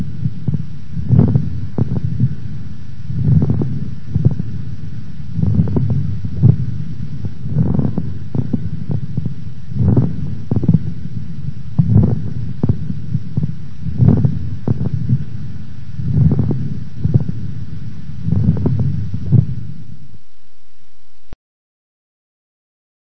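Repeated breath cycles, about 28 a minute, carry sharp, clicking bursts over a low rumbling background in an adult chest heard by stethoscope. These are resonant moist crackles, clearer and more ringing than non-resonant crackles, which sound muffled.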